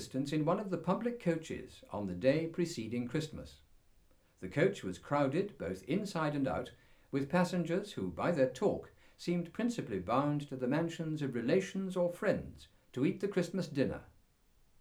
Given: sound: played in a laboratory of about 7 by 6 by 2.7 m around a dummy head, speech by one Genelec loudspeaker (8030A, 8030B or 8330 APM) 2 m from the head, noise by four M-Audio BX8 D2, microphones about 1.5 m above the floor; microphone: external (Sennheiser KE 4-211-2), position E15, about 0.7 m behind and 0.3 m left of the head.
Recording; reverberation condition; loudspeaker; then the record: male speech in English; low; 120 degrees to the left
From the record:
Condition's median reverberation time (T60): about 310 ms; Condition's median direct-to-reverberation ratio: about 3.5 dB